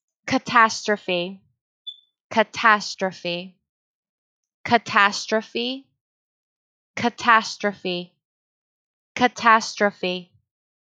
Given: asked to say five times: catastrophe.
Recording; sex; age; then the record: repeated word; female; 20 to 29 years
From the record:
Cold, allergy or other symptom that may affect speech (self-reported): no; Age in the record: 25 years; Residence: California, United States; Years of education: 16